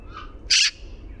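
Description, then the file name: Eurasian magpie giving a single short, harsh, grating chack note against a quiet low rumble. "Pica pica"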